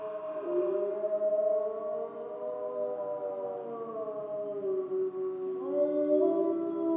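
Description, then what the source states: Grey wolf chorus of sustained, wavering howls from several animals at once, tones weaving up and down, with a fresh rising howl entering near the end. Wolves recorded in Schorfheide on 29 October 2015.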